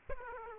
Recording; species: mosquito wingbeat signal from an infrared sensor; Aedes aegypti